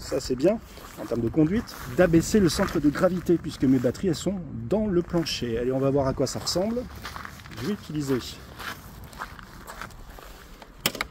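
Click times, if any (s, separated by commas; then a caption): 10.9 s. Someone talks about the batteries sitting in the floor of a Segway E300SE 125 electric scooter, which lowers the center of gravity, and then pulls the release lever on the floorboard battery compartment. A sharp click is heard at 10.9 s as the latch lets go, releasing the floor panel that covers the removable batteries.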